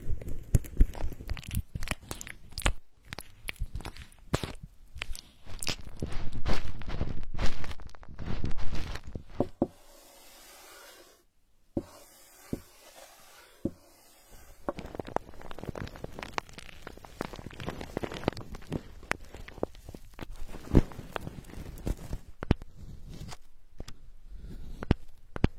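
Ear cleaning, heard as dense scratchy rustling and crisp clicks. The scraping is busiest in the first ten seconds, drops to near silence with a few isolated taps around 10 to 15 seconds, then resumes as steadier, softer crackling to the end.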